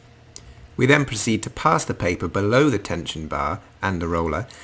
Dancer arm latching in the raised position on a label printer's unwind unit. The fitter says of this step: on the roller release lever we can then lift up the dancer arm until it clicks